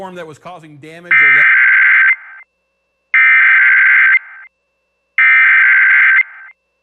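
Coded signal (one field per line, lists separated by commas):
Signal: Emergency Alert System (SAME) tones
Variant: header bursts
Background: speech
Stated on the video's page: EAS tones and messages sounding over live local TV tornado coverage.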